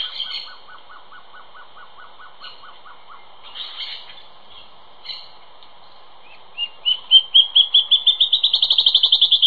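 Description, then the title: Band-tailed antbird song near the end: rapid, evenly spaced notes rising in pitch. Before it come scattered high chips and a faint, lower repeated note series. "LuckyPassaro Completos2Sama. Band-tailed Antbird (Hypocnemoides maculicauda)"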